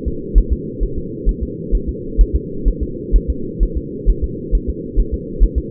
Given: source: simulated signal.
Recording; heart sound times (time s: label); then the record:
fetal heart sounds
0.08 s: S2
0.38 s: S1
0.53 s: S2
0.83 s: S1
0.98 s: S2
1.29 s: S1
1.43 s: S2
1.75 s: S1
1.89 s: S2
2.21 s: S1
2.36 s: S2
2.68 s: S1
2.83 s: S2
3.16 s: S1
3.30 s: S2
3.63 s: S1
3.77 s: S2
4.10 s: S1
4.24 s: S2
4.55 s: S1
4.70 s: S2
5.00 s: S1
5.14 s: S2
5.44 s: S1
5.58 s: S2
From the record:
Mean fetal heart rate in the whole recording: 135 bpm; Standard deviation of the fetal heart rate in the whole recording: 3 bpm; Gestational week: 36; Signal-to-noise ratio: -4.3 dB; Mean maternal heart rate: 72 bpm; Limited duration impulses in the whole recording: absent